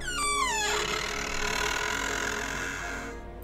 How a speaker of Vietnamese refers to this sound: Dẹp mọi suy nghĩ sang một bên, bà Liên cố lấy hết can đảm để mở cửa ra. Tiếng kèn két vang lên rùng rợn.